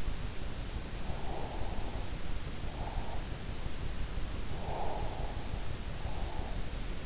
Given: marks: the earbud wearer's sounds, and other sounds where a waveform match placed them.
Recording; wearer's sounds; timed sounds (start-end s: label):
sounds in sleep by an in-ear microphone; breath
1.23-3.18 s: breath
4.60-6.64 s: breath